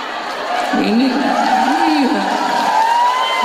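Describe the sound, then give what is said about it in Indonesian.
A crowd breaks into steady applause lasting a few seconds, with scattered laughter and a few voices whooping and chattering through the clapping. “Ini tepuk tangan berarti ngalami juga.”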